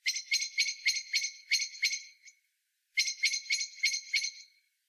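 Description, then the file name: Common blackbird chattering: a long run of hard, rapid chak notes, then a brief silence and a shorter second rattling run. "Turdus merula"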